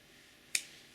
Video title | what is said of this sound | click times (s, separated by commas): Gearing Up SOG Power-Assist S66 Unboxing and First Impressions | It's locked. | 0.6 s